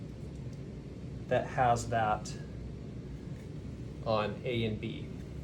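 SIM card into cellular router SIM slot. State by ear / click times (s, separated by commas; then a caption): not seated / none. A SIM card is being handled at the spring-loaded SIM slot of a Peplink BR1 Mini Cat 7 small cellular router while someone talks over a steady low background hum. Nothing has seated or clicked yet.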